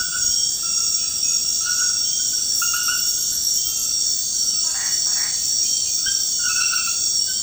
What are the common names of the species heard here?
none